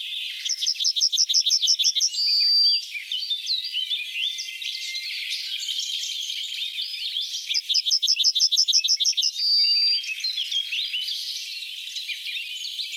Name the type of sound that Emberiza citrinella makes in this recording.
song